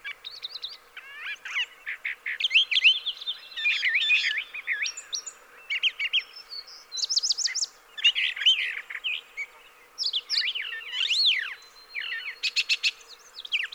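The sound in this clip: Brown thrasher song: a jumbled sequence of varied notes and phrases, with short pauses between bursts.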